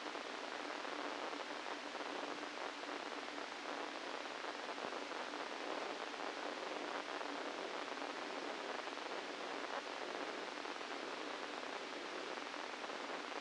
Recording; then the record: brain microelectrode recording played as sound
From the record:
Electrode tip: inside the subthalamic nucleus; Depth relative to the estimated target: 0 mm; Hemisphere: left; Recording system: NeuroSet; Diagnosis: Parkinson's disease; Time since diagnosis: 17 years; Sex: male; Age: 64 years